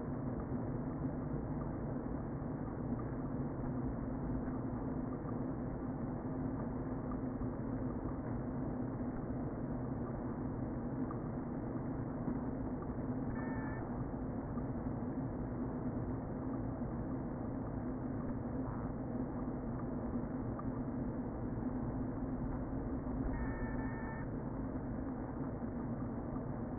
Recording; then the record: honeybee colony, microphone inside the hive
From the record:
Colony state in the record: queen present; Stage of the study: before two queens were removed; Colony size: about 60,000 bees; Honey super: yes